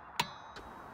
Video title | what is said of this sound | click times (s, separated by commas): Using a torque wrench for caravan wheels | soon as it clicks stop pulling and that's now set for our chosen torque | 0.2 s